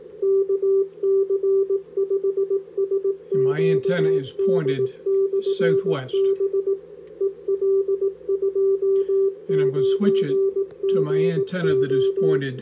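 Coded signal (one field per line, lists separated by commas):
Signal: Morse code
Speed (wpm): 18 wpm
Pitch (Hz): 390 Hz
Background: speech, radio noise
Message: KC5SQD/B EL29GO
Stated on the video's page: CW signal from a Texas station received on 10 meters with a K3, switching between two dipoles, showing about a 7 dB signal change.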